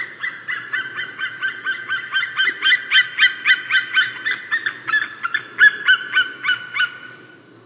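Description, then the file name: White-tailed eagle calling in a fast run of yelping, harmonic notes, about three to four per second, steady in pitch and fading away at the end. "Havørn"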